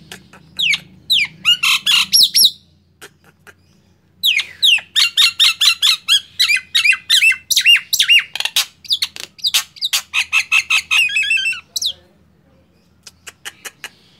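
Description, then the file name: Nias hill myna song: two bursts of harsh squawks and shrill whistles separated by a short silence, over a soft low rumble. "suara jalak nias"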